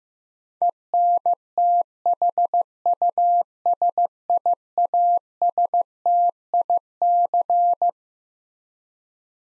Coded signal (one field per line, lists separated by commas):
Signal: Morse code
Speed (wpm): 15 wpm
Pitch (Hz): 700 Hz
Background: none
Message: ENTHUSIASTIC